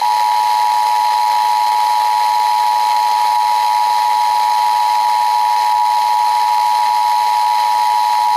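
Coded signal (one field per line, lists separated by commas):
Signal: Emergency Alert System (SAME) tones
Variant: 853 and 960 Hz attention tone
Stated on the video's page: Real EAS alerts from streaming services.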